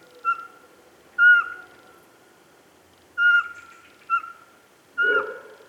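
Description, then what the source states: Eurasian pygmy owl with a series of five short whistled toots at an uneven pace. 27 September 2017, near 8 pm, 12 degrees, foot of Pic de Bure, Dévoluy massif; calling from the top of a spruce.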